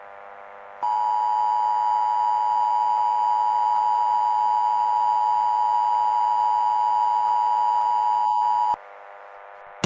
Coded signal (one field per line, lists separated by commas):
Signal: Emergency Alert System (SAME) tones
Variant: 853 and 960 Hz attention tone